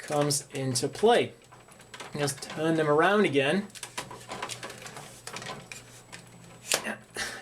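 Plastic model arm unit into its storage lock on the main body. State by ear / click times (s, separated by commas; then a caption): seated / 6.7 s. Someone talks while turning the large arm unit of a 1/144 HGUC Neo Zeong plastic model kit around into storage mode, where a locking mechanism on the main body holds it. Light handling taps follow, then a sharp click at 6.7 s as the arm seats solidly into its storage lock.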